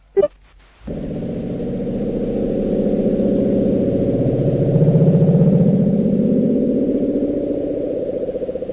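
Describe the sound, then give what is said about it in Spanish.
A sustained low, rumbling underwater sound, the recorded ocean "bloop" from the depths of the Pacific Ocean, swells after a short click and slowly rises in pitch and loudness for several seconds, with no voices. “Si queréis, volvemos a escuchar de nuevo el bloop antes de pasar a la siguiente criatura.”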